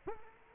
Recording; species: mosquito wingbeat signal from an infrared sensor; Culex quinquefasciatus